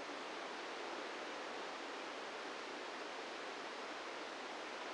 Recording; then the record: brain microelectrode recording played as sound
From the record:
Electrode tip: inside the subthalamic nucleus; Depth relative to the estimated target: 0 mm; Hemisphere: right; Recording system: NeuroSet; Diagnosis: Parkinson's disease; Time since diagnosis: 17 years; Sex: male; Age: 64 years